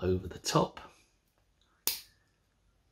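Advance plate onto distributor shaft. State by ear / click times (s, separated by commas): seated / 1.9 s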